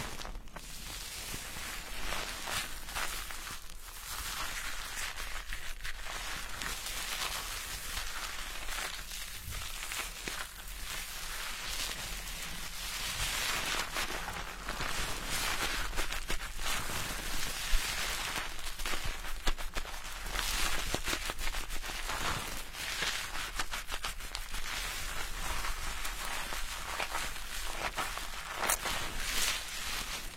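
A hair-washing and scalp massage session fills the clip with continuous, dense scrubbing and rubbing, a bright crackly hiss. The sound never stops, swelling and easing in soft waves with frequent quick rustling strokes. There are no voices or other sounds.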